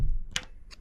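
During a BMW N55 engine rebuild, a metal retainer spring is pressed into place on the intake camshaft drag roller and bridge assembly in the cylinder head. After a low thump at the start, a sharp, bright click sounds at 0.4 s, followed by a fainter tick near 0.7 s. The retainer spring has clipped onto the drag roller bridge and is seated.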